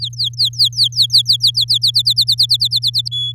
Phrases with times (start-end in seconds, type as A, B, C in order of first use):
0.00-1.78 A, 1.82-3.09 B, 3.11-3.32 C